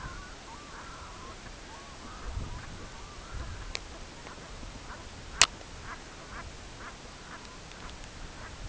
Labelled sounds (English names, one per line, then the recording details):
Red-throated Loon
unidentified sound
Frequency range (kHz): Red-throated Loon 0.7-2.0 kHz
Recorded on Arctic tundra, site CORI-1, on 16 June 2018
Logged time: 14:00